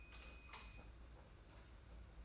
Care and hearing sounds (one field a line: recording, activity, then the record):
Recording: daily activity, microphone in the room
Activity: light off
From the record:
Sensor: 2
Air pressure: 991.7 hPa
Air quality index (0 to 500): 225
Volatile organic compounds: 1000 ppm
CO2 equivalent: 7536 ppm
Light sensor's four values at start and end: 17/47/18/18 and 11/27/10/10